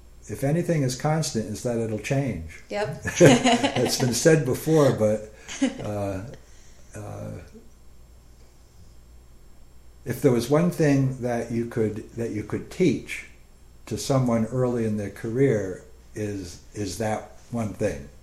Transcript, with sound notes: If anything is constant it's that it will change.
Yes.
[laughing] It's been said before, but if there was one thing that you could teach to someone early in their career is that one thing.